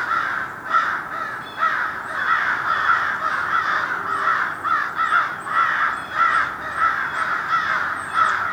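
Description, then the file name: Crows in a dense mob, loud raspy caws tumbling over one another almost without break, many birds calling together throughout. A group of crows mobbing in Somerset, New Jersey, USA; dated 02-12-07. "Somerset NJ Crow Mob"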